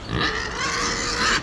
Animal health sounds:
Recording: contact call of a hoofed animal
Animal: wild boar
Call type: grunt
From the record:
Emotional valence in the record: negative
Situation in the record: naturally occurring agonistic interactions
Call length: 1.43 s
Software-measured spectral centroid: 3290 Hz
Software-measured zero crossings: 4710 a second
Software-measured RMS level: -24 dBFS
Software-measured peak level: -8 dBFS

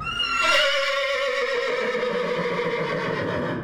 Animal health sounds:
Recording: contact call of a hoofed animal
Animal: horse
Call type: whinny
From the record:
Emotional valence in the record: positive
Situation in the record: reunion with one group member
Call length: 3.7 s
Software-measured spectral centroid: 2470 Hz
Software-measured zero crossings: 2750 a second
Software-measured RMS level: -24 dBFS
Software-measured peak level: -10 dBFS

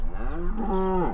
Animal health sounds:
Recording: contact call of a hoofed animal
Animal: cattle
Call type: low-frequency (closed-mouth) or high-frequency (open-mouth) call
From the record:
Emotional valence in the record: negative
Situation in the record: full separation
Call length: 1.14 s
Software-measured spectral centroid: 940 Hz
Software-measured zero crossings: 520 a second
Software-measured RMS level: -24 dBFS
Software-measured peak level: -13 dBFS

